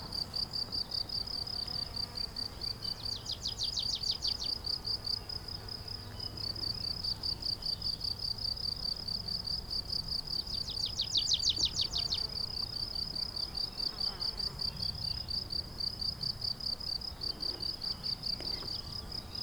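Limestone grassland hums with a steady high-pitched insect trill, broken by two brief rapid chirping bursts around three and eleven seconds, over soft low rumble.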